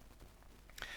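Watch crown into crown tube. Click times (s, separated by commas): 0.8 s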